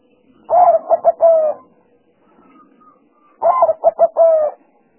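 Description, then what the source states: Spotted dove cooing twice, each phrase a long coo, two quick notes and a longer closing coo, separated by a pause of about two seconds. Lure sounds used for trapping.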